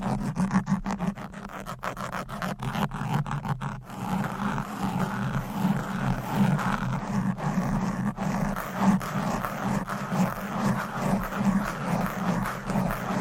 Fast and Aggressive Mic Scratching